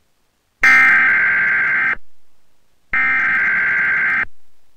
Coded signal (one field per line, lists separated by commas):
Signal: Emergency Alert System (SAME) tones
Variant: header bursts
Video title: Emergency Alert System (Zombies On RuneScape?)